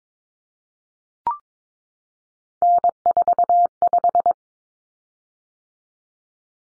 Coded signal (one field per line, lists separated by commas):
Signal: Morse code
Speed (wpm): 22 wpm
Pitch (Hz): 700 Hz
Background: none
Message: N45